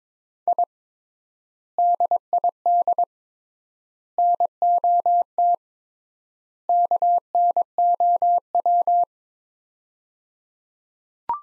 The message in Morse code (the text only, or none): I DID NOT KNOW